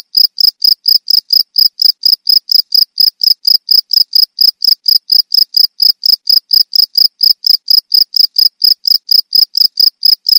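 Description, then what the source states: Field cricket giving quick, evenly spaced high chirps, continuing without a break throughout. Cricket of rice fields.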